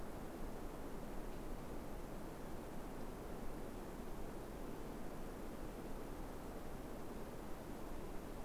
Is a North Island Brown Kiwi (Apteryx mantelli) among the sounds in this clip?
no